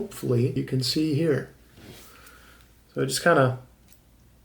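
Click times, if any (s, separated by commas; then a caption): 3.9 s. A metal compensator is pushed onto a pistol's barrel and recoil spring end while someone talks. A small tick is heard at 3.9 s as it clicks and locks on, seating firmly in place.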